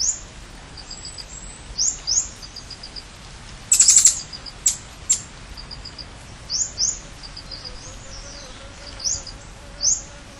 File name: camiguin hanging parrot